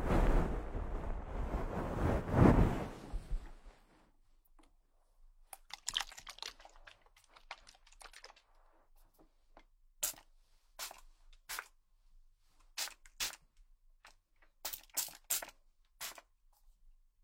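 A head massage session opens with a loud, dense rushing rub for about three and a half seconds, then falls quiet. Scattered soft clicks and taps follow, and from ten seconds on, sharp bright taps land every half second or so.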